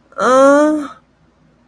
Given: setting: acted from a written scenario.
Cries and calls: vocal sound without words; disappointment

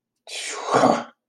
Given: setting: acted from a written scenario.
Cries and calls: vocal sound without words; contempt

